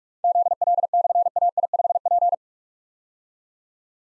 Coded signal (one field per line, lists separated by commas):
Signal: Morse code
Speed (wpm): 44 wpm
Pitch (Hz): 700 Hz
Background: none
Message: ZL/AI5P